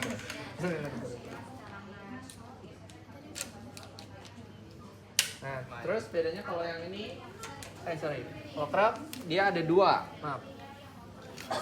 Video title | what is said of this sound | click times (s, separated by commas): Pediatri Spina Bifida&CTEV (16/10/25) | Nanti dia harus bunyi klik dulu | 5.2 s